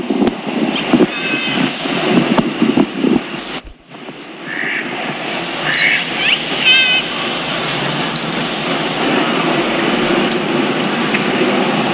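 Morning ambience at a lagoon, with a steady wind-like rush filling the background throughout. Birds chirp in short bright calls scattered across the clip, with sharp high peeps about every two seconds after the midpoint. A brief dropout near four seconds interrupts the scene.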